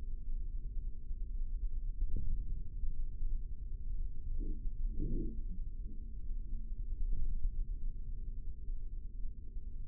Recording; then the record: forearm muscle sounds (acoustic myography)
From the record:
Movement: index flexion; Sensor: system 3, bracelet of six PUI Audio POM-2738L microphones around the upper forearm, with dedicated amplification and filtering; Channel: 3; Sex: male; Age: 55 years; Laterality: right